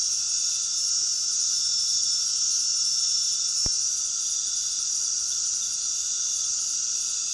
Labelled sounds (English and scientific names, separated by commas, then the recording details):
none
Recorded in pastures near Puerto Asís, Putumayo, Colombia, on 20 February 2024 at 20:30
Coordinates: 0.468, -76.328
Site G6414